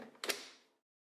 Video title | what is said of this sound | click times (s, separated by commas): SeeSnake® LT1000 | to power the unit with a battery slide a charged battery into the battery dock until it clicks into position | 0.2 s